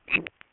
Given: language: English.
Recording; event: throat vibration sensor signal played as sound; swallow